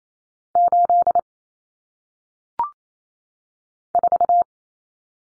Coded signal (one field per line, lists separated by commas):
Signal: Morse code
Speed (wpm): 28 wpm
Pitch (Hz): 700 Hz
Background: none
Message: 8 4